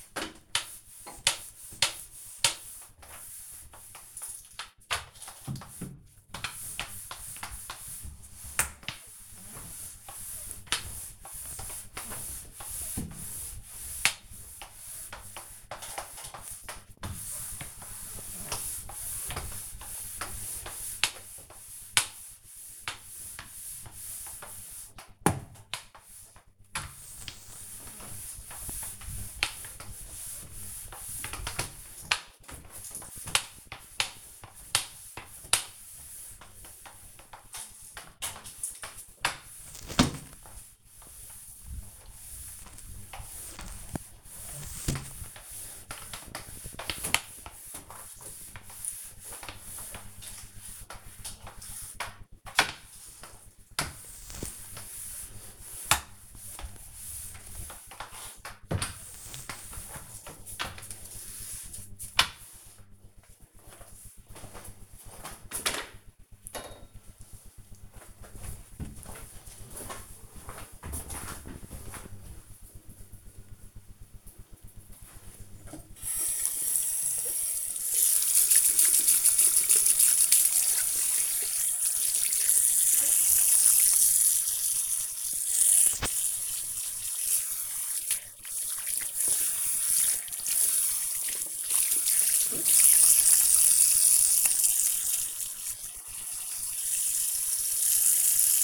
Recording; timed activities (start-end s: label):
household activities, microphone on the right wrist
0.00-64.10 s: floor cleaning
74.18-98.64 s: washing hands